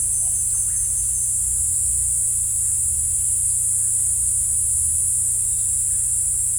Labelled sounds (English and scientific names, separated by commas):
none